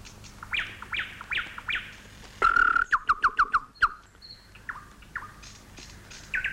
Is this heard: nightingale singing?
yes